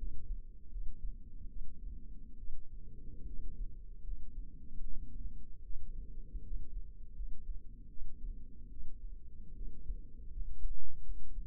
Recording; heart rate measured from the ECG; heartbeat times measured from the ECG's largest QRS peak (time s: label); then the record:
heart sounds by microphone in the left ear; 75 bpm
0.70 s: heartbeat
1.48 s: heartbeat
2.37 s: heartbeat
3.26 s: heartbeat
4.03 s: heartbeat
4.81 s: heartbeat
5.63 s: heartbeat
6.43 s: heartbeat
7.15 s: heartbeat
7.89 s: heartbeat
8.70 s: heartbeat
9.55 s: heartbeat
10.31 s: heartbeat
11.03 s: heartbeat
From the record:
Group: healthy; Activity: rest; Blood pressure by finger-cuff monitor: 131/68 mmHg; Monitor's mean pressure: 86 mmHg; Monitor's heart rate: 77 bpm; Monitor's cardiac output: 6.9 L/min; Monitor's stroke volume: 92 mL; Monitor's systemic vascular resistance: 910 dyn s/cm5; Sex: female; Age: 22 years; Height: 160 cm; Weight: 63 kg